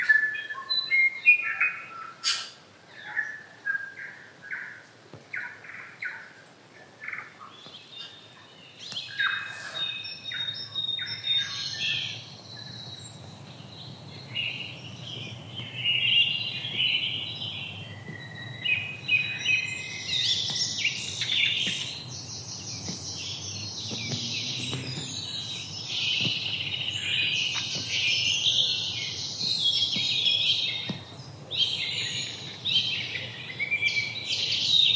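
A forest soundscape filled with bird calls: sparse, separate chirps and whistles in the first ten seconds, then a denser chorus of bright, overlapping song that continues to the end. A soft low rumble sits underneath from about ten seconds on.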